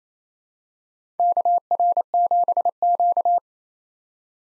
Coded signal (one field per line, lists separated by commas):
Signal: Morse code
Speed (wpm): 28 wpm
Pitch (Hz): 700 Hz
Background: none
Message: KR7Q